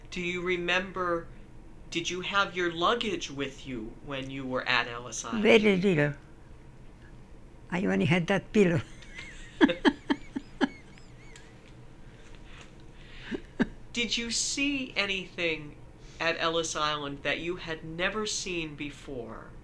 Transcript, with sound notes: Do you remember- did you have your luggage with you when you were at Ellis Island?
Feather pillow. I only had that pillow. (They laugh)
Did you see anything at Ellis Island that you had never seen before?